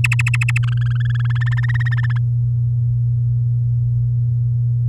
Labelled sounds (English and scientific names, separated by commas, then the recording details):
Domestic Canary (Serinus canaria) song
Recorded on 11 May 2018 at 06:51
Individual llb16